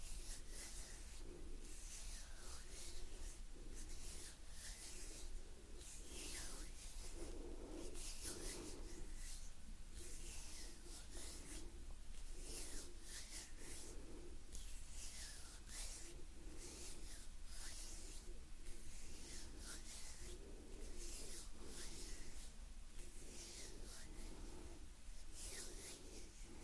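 Gentle hand sounds and movements: soft rubbing and brushing strokes repeat every second or so, each a quick hissy swish. Low murmuring tones sit underneath, and the level stays even and quiet for the whole stretch without any sharp events.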